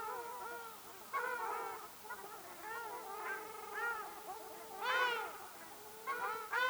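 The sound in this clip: Ruddy shelduck honking in a busy, overlapping chorus of nasal, arched calls, peaking in loud bursts near the end.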